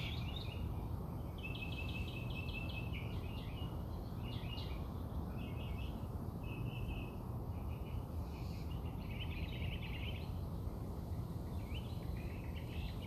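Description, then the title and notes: Bird song with bursts of bright chirpy trills and twittering phrases, broken by short pauses, under a constant heavy low hiss and rumble. Birds singing outside the recordist's house. "More bird songs outside my house"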